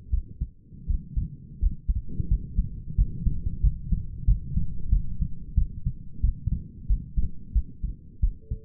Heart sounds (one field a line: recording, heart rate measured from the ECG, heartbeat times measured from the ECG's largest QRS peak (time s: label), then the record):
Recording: heart sounds by stethoscope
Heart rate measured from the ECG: 89 bpm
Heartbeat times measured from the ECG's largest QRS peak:
0.11 s: heartbeat
0.87 s: heartbeat
1.60 s: heartbeat
2.29 s: heartbeat
2.96 s: heartbeat
3.61 s: heartbeat
4.26 s: heartbeat
4.90 s: heartbeat
5.56 s: heartbeat
6.22 s: heartbeat
6.88 s: heartbeat
7.53 s: heartbeat
8.21 s: heartbeat
From the record:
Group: healthy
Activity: rest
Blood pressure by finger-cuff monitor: 129/84 mmHg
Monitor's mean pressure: 100 mmHg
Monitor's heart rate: 91 bpm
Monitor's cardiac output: 6.4 L/min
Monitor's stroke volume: 73 mL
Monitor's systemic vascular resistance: 1160 dyn s/cm5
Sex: female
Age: 37 years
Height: 168 cm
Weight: 70 kg